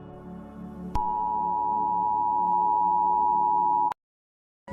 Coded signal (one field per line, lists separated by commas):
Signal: Emergency Alert System (SAME) tones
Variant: 853 and 960 Hz attention tone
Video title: Egypt Eas Alarm (tsunami and tornado and tufon)